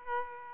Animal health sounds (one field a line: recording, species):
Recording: mosquito wingbeat signal from an infrared sensor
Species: Aedes aegypti